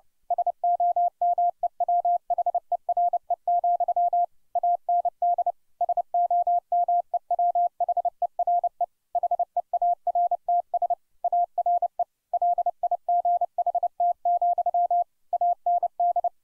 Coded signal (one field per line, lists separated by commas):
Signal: Morse code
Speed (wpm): 29 wpm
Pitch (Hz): 700 Hz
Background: none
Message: SOMEWHERE, AND SOMEWHERE HEARTS ARE LIGHT, AND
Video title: 30 wpm Morse Code Practice - Casey at the Bat